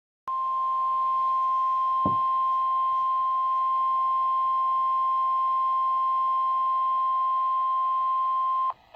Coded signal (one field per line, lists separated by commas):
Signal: Emergency Alert System (SAME) tones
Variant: 1050 Hz attention tone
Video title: EAS #491: Severe Thunderstorm Warning - Indiana (6/21/2026) (KEC74)